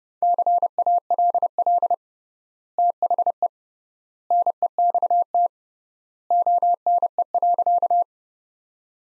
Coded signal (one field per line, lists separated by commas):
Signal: Morse code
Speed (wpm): 30 wpm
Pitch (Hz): 700 Hz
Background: none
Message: CALL THE NEXT ONE.